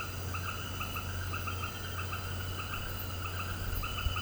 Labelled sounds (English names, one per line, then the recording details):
none
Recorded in pastures near Puerto Asís, Putumayo, Colombia, on 19 March 2025 at 18:00
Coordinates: 0.472, -76.329
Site G074